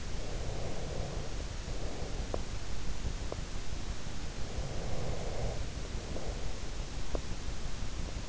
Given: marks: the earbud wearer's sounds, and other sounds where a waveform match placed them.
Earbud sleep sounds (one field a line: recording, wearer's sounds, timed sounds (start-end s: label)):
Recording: sounds in sleep by an in-ear microphone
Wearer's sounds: breath, teeth grinding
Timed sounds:
0.10-2.45 s: breath
2.27-3.54 s: teeth grinding
4.49-6.85 s: breath
6.99-7.28 s: teeth grinding